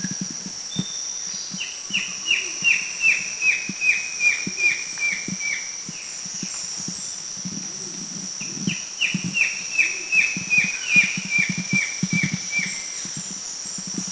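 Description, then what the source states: Rufous-lored kingfisher calling in two bursts of rapid, sharp notes stepping down in pitch, about two or three per second, over a steady high insect whine and low knocking sounds. Recorded in the Philippines.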